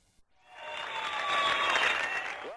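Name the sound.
applause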